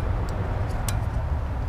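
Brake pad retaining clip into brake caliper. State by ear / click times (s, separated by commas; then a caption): not seated / none. A metal brake pad retaining clip from a budget big brake kit on a turbo Miata build is handled and pushed toward the back of the brake caliper. Against a steady low rumble, a few faint ticks sound, with one short, sharper tap near 0.9 s. The clip has not snapped or seated into place yet.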